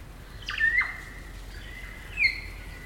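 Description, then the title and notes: Kaka song: two quick falling swoops ending in a drawn-out whistled tone, then another louder note after a short pause. Kaka, a large parrot, singing eerie dusk chorus in late spring at Karori Sanctuary near Wellington, New Zealand. "It's late spring at the Karori Sanctuary near Wellington, New Zealand and the kakas – a large species of parrot – are singing their eerie dusk chorus. Recorded by Margaret Bartlett."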